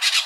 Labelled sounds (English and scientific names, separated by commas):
Brown-throated Parakeet (Eupsittula pertinax) contact call